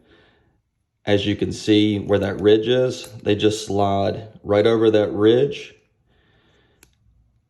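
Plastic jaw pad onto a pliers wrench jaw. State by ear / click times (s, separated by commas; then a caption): seated / 6.8 s, 6.9 s. Someone talks from about 1.1 to 5.8 s while a plastic protective jaw pad is slid over the ridge on the jaw of a Knipex pliers wrench. After a pause, the pad snaps into place with a sharp click at 6.8 s and a fainter one at 6.9 s, seated with a secure fit.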